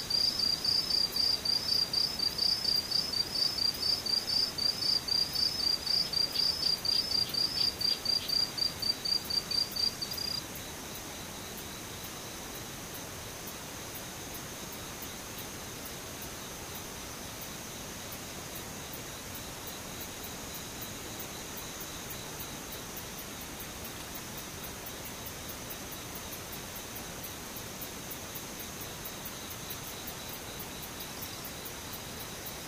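Insects sing. For the first ten seconds one high, bright trill pulses rapidly and evenly, clearly louder than the rest, then stops abruptly. After that only a quieter steady hiss remains, with faint, fast ticking from other insects high above it.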